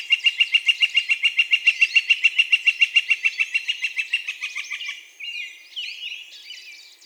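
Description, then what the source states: Northern flicker calling a long, rapid run of even, ringing notes for about five seconds, followed by varied twittering sounds at the end. Recorded 4 May 2020.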